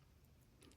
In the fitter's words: right there into place, and then you go back, and then it kind of locks in place.